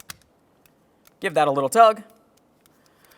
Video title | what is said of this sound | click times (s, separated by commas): How to Replace Rear Inside Door Handles 2002-2009 Chevrolet Trailblazer | now it's time for the window switch you know what to do press it in listen for a click | 0.0 s, 0.1 s